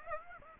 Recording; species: mosquito wingbeat signal from an infrared sensor; Aedes aegypti